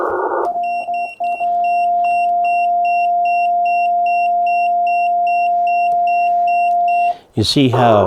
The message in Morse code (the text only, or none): none